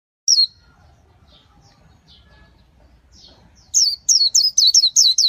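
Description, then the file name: White-eye calling: one sharp high chirp, a few faint thin notes, then a quick run of high descending chirps repeating several times a second. "tieng khuyen liu"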